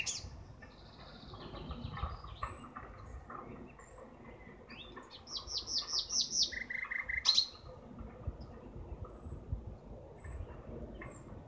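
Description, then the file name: Common nightingale song: varied phrases with quick rising sweeps and short repeated notes, mostly midway, over constant low background noise. "Gesang Nachtigall"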